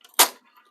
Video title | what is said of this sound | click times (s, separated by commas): 2021 Ram Promaster Campervan by Raven Van Co | pivot those up and then they slide in until you hear them click | 0.2 s